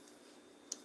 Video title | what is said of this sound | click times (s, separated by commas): Fragrance Of The Day Sean John 3 AM | a plastic top snaps into place | 0.7 s